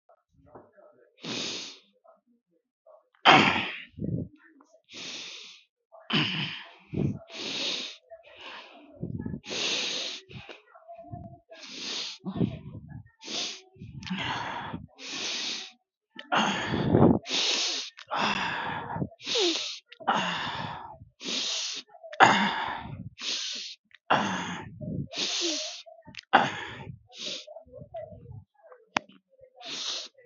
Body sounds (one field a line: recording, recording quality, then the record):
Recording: deep breathing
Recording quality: excellent, no background noise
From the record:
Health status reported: respiratory illness, not identified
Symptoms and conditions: cough, breathing difficulty, sore throat, diabetes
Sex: male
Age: 30 years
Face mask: not worn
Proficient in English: no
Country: India